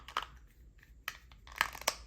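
The plastic battery compartment of a 2016/2017 Ford Mustang key fob, holding two newly inserted coin batteries, is handled and pushed toward the fob housing. Brief sharp plastic crackling and handling noises are heard at about 0.2, 1.6 and 1.9 seconds. Nothing has seated or clicked into place yet.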